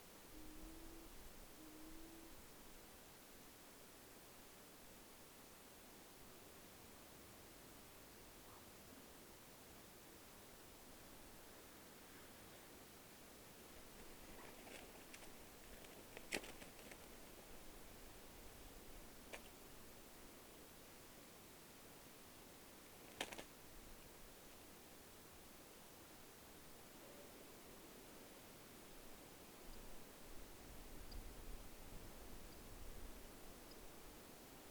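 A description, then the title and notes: Night ambience with steady insect hiss throughout, brief clicks and chirps around 15–17 and 23 seconds, and faint calls near the end. Menindee Lakes. Recorded overnight in late 2020, featuring many bats, insects, a few nightjar, and some Wood Ducks.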